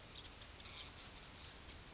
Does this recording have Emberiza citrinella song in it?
no